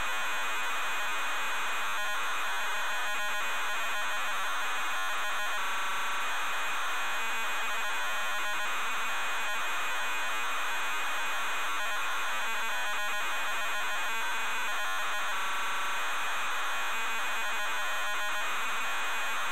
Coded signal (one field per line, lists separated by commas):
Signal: ZX Spectrum tape loading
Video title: ZX SPECTRUM Loading TotalRecall Ocean Software Ltd. 1991